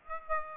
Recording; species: mosquito wingbeat signal from an infrared sensor; Aedes aegypti